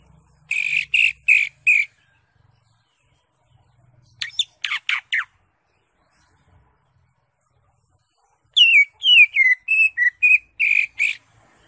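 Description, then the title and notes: Greater Green Leafbird song with chirped notes, a cluster of thin rising and falling sweeps, then a quick varied run of slurred whistles, separated by silent gaps. Recording described as good for tutoring other green leafbirds to learn the song. "Suara Burung Cucak Ijo. mantap buat masteran burung cak ijo"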